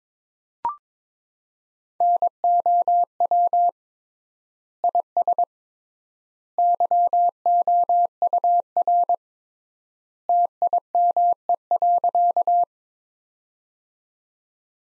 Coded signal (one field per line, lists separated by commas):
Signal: Morse code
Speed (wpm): 21 wpm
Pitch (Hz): 700 Hz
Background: none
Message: NOW IS YOUR TIME.